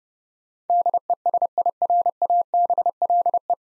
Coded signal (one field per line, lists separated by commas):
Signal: Morse code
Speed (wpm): 32 wpm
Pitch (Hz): 700 Hz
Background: none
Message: DESIRABLE